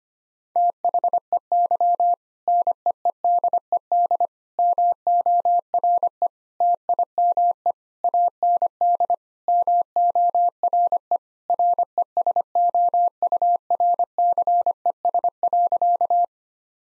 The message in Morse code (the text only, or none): THEY NEEDED MORE TIME AND MORE RESOURCES.